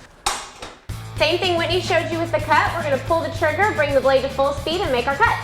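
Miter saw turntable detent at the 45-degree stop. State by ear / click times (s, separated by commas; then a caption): seated / 0.3 s. The metal detent on the turntable of a compound miter saw clicks into the 45-degree stop at 0.3 s as the unlocked miter table is swung to that angle, seating it in place. A smaller knock follows at about 0.6 s. From 0.9 s, someone talks over music with a steady low hum.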